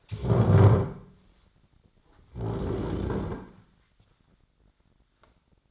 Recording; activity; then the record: daily activity, microphone in the room; stand up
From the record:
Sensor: 3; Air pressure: 1009.3 hPa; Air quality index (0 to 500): 184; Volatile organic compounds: 3 ppm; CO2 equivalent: 1482 ppm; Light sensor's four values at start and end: 49/123/55/56 and 35/84/39/43